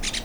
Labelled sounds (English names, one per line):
Brown-throated Parakeet contact call